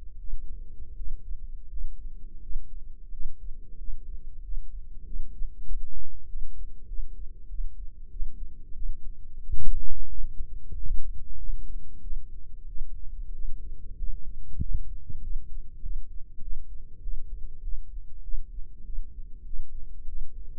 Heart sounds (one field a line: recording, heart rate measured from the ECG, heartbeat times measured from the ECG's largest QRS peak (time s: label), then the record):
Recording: heart sounds by microphone in the left ear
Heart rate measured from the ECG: 94 bpm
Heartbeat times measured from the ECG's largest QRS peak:
0.18 s: heartbeat
0.95 s: heartbeat
1.69 s: heartbeat
2.40 s: heartbeat
3.10 s: heartbeat
3.77 s: heartbeat
4.41 s: heartbeat
5.03 s: heartbeat
5.65 s: heartbeat
6.26 s: heartbeat
6.87 s: heartbeat
7.48 s: heartbeat
8.10 s: heartbeat
8.73 s: heartbeat
9.40 s: heartbeat
10.08 s: heartbeat
10.73 s: heartbeat
11.37 s: heartbeat
12.00 s: heartbeat
12.65 s: heartbeat
13.32 s: heartbeat
13.96 s: heartbeat
14.58 s: heartbeat
15.19 s: heartbeat
15.79 s: heartbeat
16.40 s: heartbeat
17.01 s: heartbeat
17.61 s: heartbeat
18.22 s: heartbeat
18.82 s: heartbeat
19.43 s: heartbeat
20.05 s: heartbeat
From the record:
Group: healthy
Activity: rest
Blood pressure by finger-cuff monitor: 129/70 mmHg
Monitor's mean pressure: 85 mmHg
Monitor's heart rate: 95 bpm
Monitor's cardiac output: 8.6 L/min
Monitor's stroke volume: 91 mL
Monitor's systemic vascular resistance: 720 dyn s/cm5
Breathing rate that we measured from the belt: 19 breaths a minute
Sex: male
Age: 19 years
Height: 178 cm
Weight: 83 kg